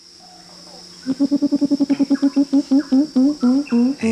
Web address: Natures Songs S America Birds of Ecuador Gray winged Trumpeter